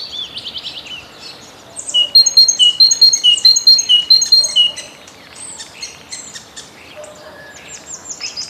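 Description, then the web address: Great tit singing a quick run of sharp, see-sawing two-note phrases, with a second bird's trills and chirps around it. "Przyroda Ptaki Bogatka"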